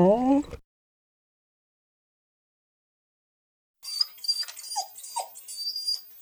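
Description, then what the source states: Dog groaning: a short, voiced, wavering moan at the start, then a long silence, followed by a run of thin, high, breathy bursts and two brief lower squeaks. Dog described as talking and groaning.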